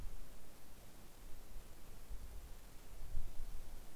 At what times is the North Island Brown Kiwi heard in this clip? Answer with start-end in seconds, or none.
none